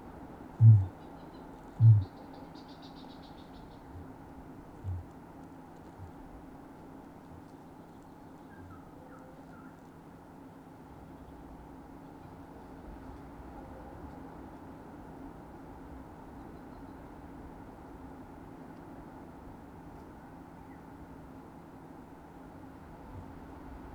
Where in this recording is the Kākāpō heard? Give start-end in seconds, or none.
0.48-1.02, 1.59-2.19, 3.79-4.13, 4.67-5.17, 5.80-6.23, 7.14-7.59, 8.39-8.86, 22.90-23.29